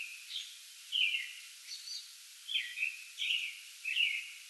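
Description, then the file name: American robin song, several warbled whistled phrases close together with a higher faint note, over steady noise. Pre-dawn song bout recorded 8 May 2022. "2022-05-08 American Robin pre-dawn song bout"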